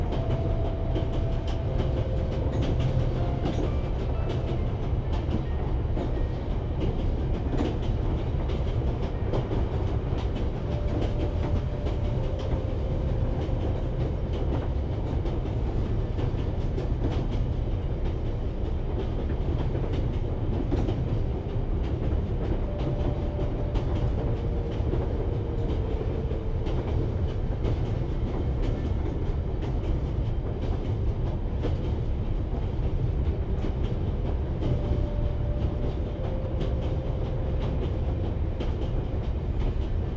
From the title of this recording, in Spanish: Viaje en tren de larga distancia